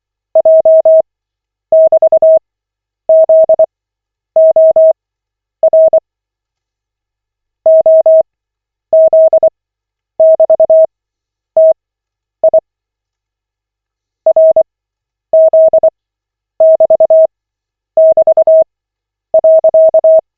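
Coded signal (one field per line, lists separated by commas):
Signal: Morse code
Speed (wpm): 24 wpm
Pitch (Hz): 640 Hz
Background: none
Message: J<BT>ZOR OZ<BT>TI RZ<BT><BT>.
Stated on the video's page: Koch method Morse practice session, lesson 18 of 40, generated by the LCWO website.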